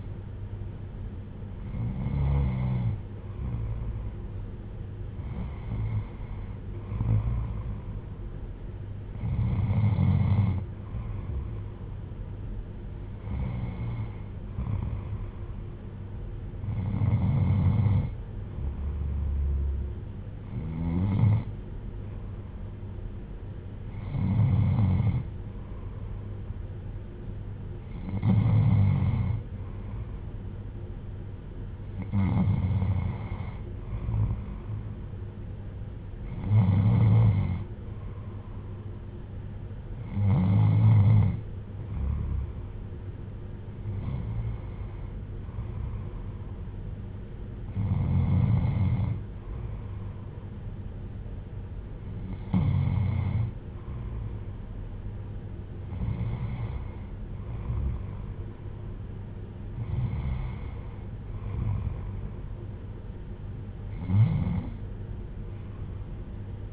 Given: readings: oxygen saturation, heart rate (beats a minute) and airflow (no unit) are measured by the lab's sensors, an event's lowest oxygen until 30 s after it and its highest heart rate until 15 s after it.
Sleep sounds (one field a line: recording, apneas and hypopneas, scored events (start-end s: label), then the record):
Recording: breathing in sleep by a smartphone at the bedside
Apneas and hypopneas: none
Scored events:
none scored
From the record:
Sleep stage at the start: N2 (light sleep)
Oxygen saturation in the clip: 94 to 96%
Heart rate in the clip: 56 to 65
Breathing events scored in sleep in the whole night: 310 in 8.1 hours asleep